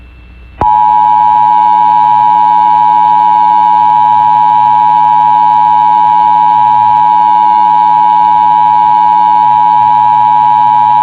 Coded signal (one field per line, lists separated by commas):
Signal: Emergency Alert System (SAME) tones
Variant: 853 and 960 Hz attention tone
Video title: (EAS #52) San Luis Opisbo County RMT On KCPR-FM